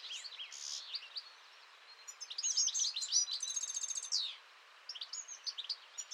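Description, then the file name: European goldfinch song, a fast jumble of twittering chirps with a buzzy, rattling trill in the middle before the lively notes resume. "Chardonneret-élègant"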